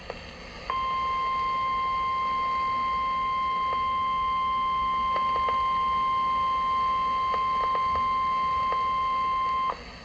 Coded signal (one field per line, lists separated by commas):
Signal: Emergency Alert System (SAME) tones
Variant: 1050 Hz attention tone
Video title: EAS #821 Severe Thunderstorm Warning